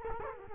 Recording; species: mosquito wingbeat signal from an infrared sensor; Culex quinquefasciatus